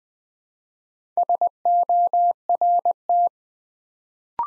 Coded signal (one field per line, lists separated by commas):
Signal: Morse code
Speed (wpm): 20 wpm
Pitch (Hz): 700 Hz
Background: none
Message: SORT